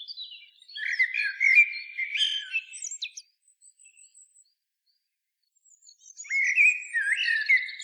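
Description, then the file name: Common blackbird song phrase of fluty warbling notes topped with high squeaks, a quiet gap of about three seconds, then another rich phrase starts. "Turdus merula"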